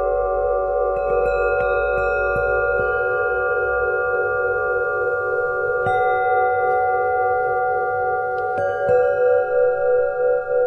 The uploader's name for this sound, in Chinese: 颂钵音疗